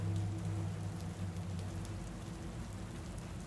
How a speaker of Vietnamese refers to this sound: Căn nhà tối mờ mờ, lâu lâu được soi sáng bằng những ánh chớp. Mưa vẫn thét gào không ngớt.